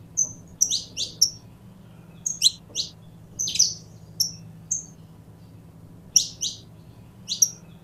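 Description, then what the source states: Belgian canary giving sharp high chirps and short whistled notes, often in doubled bursts, with a faint background hum. Purebred Belgian canary.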